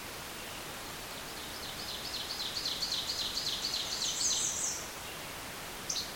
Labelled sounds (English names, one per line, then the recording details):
Ovenbird song
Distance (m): 45 m
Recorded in boreal forest in Alberta, Canada, on 28 June 2016 at 06:21
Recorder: SongMeter 3, array SBT-6-79
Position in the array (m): 5 m, 125 m
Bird 42